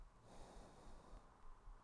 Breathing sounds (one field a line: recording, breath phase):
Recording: one breath near a microphone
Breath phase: exhalation